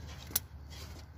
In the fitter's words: you'll hear a snap and then you just give it a quick tug make sure it's not come off